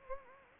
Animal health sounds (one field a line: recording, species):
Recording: mosquito wingbeat signal from an infrared sensor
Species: Anopheles gambiae